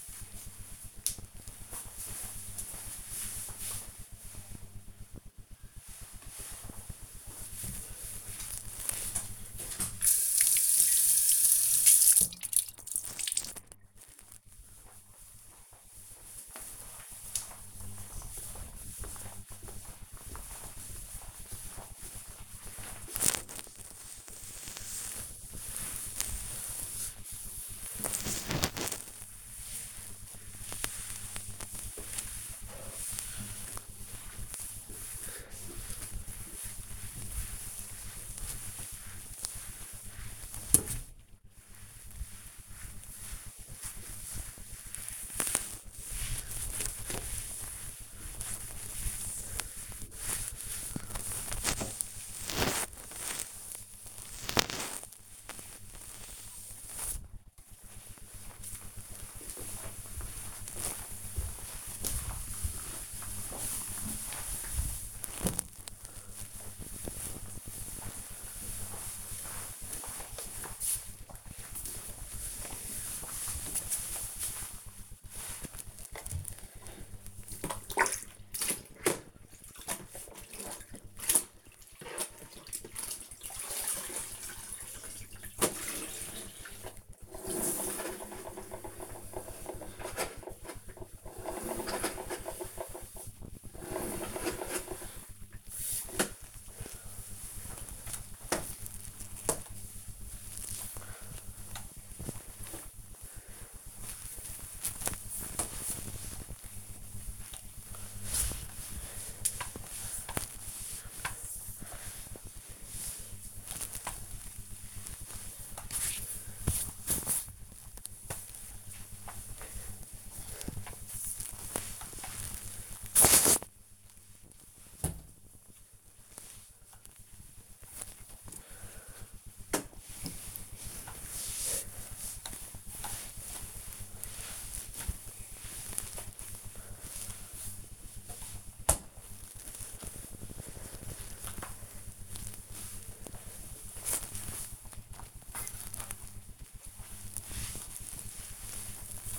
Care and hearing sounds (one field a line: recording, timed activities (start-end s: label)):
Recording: household activities, microphone on the right wrist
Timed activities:
6.08-57.47 s: cleaning table
72.57-149.05 s: floor cleaning